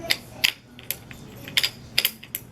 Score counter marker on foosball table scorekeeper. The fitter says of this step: numbers each click into place so your score does not slide accidentally they click